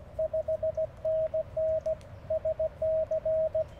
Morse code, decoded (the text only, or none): 5NN SC